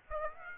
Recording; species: mosquito wingbeat signal from an infrared sensor; Aedes aegypti